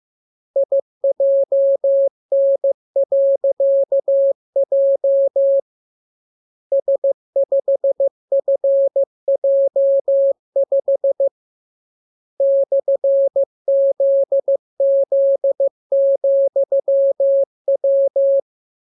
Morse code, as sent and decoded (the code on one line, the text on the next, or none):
.. .--- -. .-.-.- .--- / ... ..... ..-. .--- ..... / -..-. --.. --.. --..-- .--
IJN.J S5FJ5 /ZZ,W